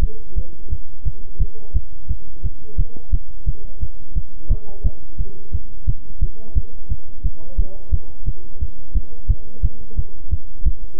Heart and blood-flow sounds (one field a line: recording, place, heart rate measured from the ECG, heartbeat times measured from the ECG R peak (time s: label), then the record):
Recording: heart sounds by stethoscope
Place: between the tricuspid and mitral areas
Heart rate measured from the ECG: 175 bpm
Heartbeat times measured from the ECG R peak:
0.00 s: heartbeat
0.35 s: heartbeat
0.69 s: heartbeat
1.04 s: heartbeat
1.38 s: heartbeat
1.73 s: heartbeat
2.08 s: heartbeat
2.42 s: heartbeat
2.76 s: heartbeat
3.11 s: heartbeat
3.45 s: heartbeat
3.80 s: heartbeat
4.14 s: heartbeat
4.49 s: heartbeat
4.83 s: heartbeat
5.17 s: heartbeat
5.52 s: heartbeat
5.86 s: heartbeat
6.20 s: heartbeat
6.54 s: heartbeat
6.88 s: heartbeat
7.22 s: heartbeat
7.57 s: heartbeat
7.91 s: heartbeat
8.25 s: heartbeat
8.59 s: heartbeat
8.93 s: heartbeat
9.27 s: heartbeat
9.62 s: heartbeat
9.96 s: heartbeat
10.30 s: heartbeat
10.64 s: heartbeat
10.98 s: heartbeat
From the record:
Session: bicycle stress test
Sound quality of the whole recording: good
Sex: male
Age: 26 years